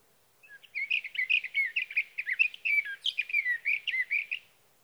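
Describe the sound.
Sage thrasher singing a sustained, fast stream of varied warbling notes without pause, bright and high-pitched throughout.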